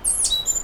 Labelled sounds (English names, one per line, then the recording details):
Stitchbird song
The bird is a male
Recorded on Tiritiri Matangi Island, New Zealand, in 2005
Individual 1, of nest box 1